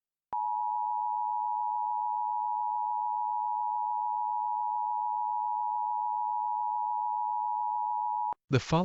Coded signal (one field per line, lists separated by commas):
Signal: Emergency Alert System (SAME) tones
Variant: 853 and 960 Hz attention tone